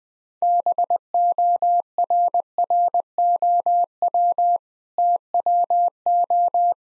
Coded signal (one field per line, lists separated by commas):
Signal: Morse code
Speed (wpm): 21 wpm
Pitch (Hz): 700 Hz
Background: none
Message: BORROW TWO